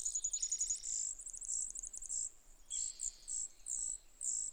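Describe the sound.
Brewer's sparrow song: very high rapid trills and buzzes, starting with a fast run, then separate buzzy bursts changing in pitch.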